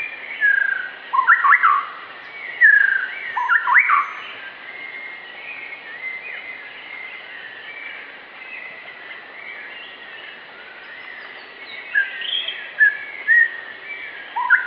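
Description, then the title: White-rumped shama song: bright whistled phrases with sharp upward sweeps, delivered in loud bursts with quieter warbling between them. Pet-bird training (masteran) recording of a shama singing in the vigorous 'gacor' style, meant to teach kept birds to sing. "Suara Murai Batu Gacor"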